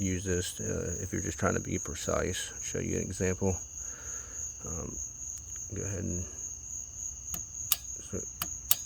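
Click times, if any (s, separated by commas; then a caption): 8.7 s. Someone talks while a torque wrench is pulled on the alternator mounting bolt of a 2010 Honda Accord 3.5L V6 during alternator replacement, with a steady high-pitched tone running underneath. The wrench clicks right away at 8.7 s without the bolt turning, because the bolt was already past the set torque.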